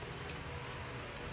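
On a 1998 Prelude with a JRSC supercharger install, the belt tensioner is used to bring the supercharger drive belt up onto its engine pulley. Only a steady, even broadband noise is heard, with no sharp sounds. Nothing has seated or clicked yet.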